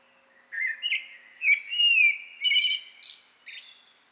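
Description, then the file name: Eurasian blackbird song: a mellow, fluted warbling phrase of several notes, finishing with thin, squeaky high twitters. "Turdus merula"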